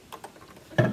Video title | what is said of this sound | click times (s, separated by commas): Sewin' Basics | hear a little click there's a little lever and | 0.8 s